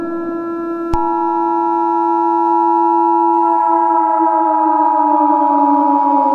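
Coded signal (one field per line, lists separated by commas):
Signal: Emergency Alert System (SAME) tones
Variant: 853 and 960 Hz attention tone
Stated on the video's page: Fake EAS scenario that may contain valid SAME headers and tones, alongside sirens.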